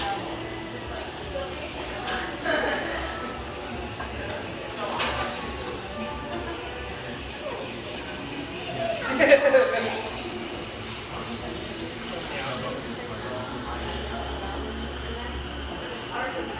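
Lively coffeeshop ambience with steady overlapping chatter, occasional clinks and knocks, a louder burst near nine seconds, and a low hum throughout.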